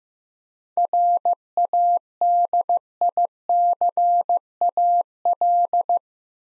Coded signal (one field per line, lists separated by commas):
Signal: Morse code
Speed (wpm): 15 wpm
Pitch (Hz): 700 Hz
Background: none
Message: RADICAL